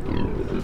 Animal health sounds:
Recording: contact call of a hoofed animal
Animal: wild boar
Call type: grunt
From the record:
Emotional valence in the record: negative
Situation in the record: naturally occurring agonistic interactions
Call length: 0.64 s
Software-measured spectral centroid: 1410 Hz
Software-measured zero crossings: 580 a second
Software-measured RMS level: -24 dBFS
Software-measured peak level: -11 dBFS

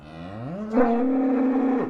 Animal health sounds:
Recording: contact call of a hoofed animal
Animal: cattle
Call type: low-frequency (closed-mouth) or high-frequency (open-mouth) call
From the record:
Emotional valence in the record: negative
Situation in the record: full separation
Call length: 1.90 s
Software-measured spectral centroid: 830 Hz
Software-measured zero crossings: 820 a second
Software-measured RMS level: -23 dBFS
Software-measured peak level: -7 dBFS

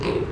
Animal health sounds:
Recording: contact call of a hoofed animal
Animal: pig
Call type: closed-mouth grunt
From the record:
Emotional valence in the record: positive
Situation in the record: food and toys in familiar pen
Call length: 0.32 s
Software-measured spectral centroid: 1840 Hz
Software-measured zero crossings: 1180 a second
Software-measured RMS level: -24 dBFS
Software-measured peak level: -13 dBFS

